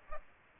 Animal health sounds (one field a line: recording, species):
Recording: mosquito wingbeat signal from an infrared sensor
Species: Aedes aegypti